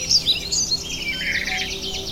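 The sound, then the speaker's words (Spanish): Small birds whistle and sing in the Aguaragüe, in quick, high-pitched chirps and trills, several overlapping calls flitting over a soft, steady background hiss with no voices. “Aquí el eco del Huaraue, los sonidos que hay son los silbidos de los pajaritos, los cantidos de cada ave que uno escucha, ¿no?”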